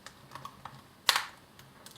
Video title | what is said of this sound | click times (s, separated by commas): Repair of Android A93 Tablet Computer | another snap okay | 1.1 s